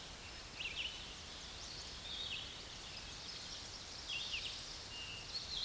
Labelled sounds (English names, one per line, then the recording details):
Red-eyed Vireo song
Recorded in a Pennsylvania forest on 16 May 2024 at 07:41
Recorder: AudioMoth, point MSD-2258
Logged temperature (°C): 15.2 °C
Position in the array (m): 142 m, 43 m